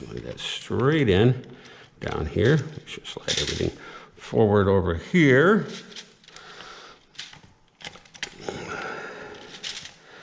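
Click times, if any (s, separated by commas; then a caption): none. During reassembly of a spring-modded Adventure Force Liberator foam dart blaster, someone talks while an internal plastic part is slid straight in and forward into the plastic shell. Brief plastic handling ticks occur around 7.2, 8.2 and 8.5 seconds. The part has not snapped into place yet; nothing has seated.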